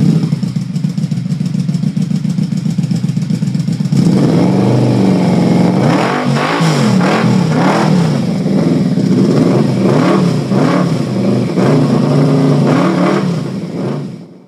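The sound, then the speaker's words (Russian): A vehicle engine rumbles at a steady low idle for a few seconds, then catches and revs repeatedly, its pitch surging up and down in rising, wavering bursts before cutting off abruptly. “Рейнер выругался, надел очки и завел двигатель.”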